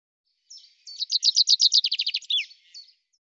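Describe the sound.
Common chaffinch singing a fast run of bright repeated notes that drop in pitch, finishing with a twisted terminal flourish and a faint final note.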